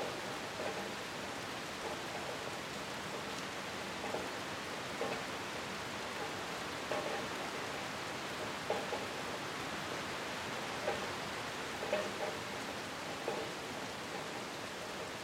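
Steady rain falls in a dense, even hiss that fills the whole clip without letup. Brief, slightly louder drop impacts tick through it every second or so, a few standing out near the middle and end, crisp against the wash.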